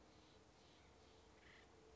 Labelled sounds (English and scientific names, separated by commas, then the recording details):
Acorn Woodpecker (Melanerpes formicivorus)
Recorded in Sonoma County, California